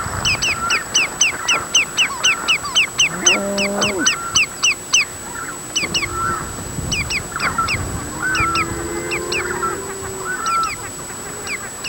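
Bird repeating quick, high descending double notes in a fast rhythm, with other softer bird calls and low chattering sounds beneath.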